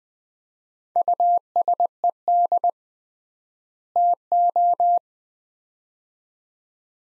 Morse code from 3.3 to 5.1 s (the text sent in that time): TO